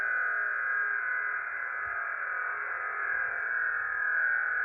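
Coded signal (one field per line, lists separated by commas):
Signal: unidentified radio signal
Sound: continuous harsh rushing, warbling noise filling the voice band, steady throughout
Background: radio static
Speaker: So, what's happening is um that horrible noise there, that someone's jamming that particular frequency there.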